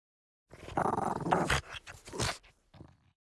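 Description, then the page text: French bulldog snarling, a harsh rasping growl for about two seconds followed by one shorter guttural burst. Intense snarl. "French Bulldog Snarl Intense. Quick Sounds"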